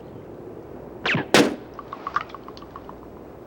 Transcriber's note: sounds of gunshots